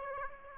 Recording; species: mosquito wingbeat signal from an infrared sensor; Aedes aegypti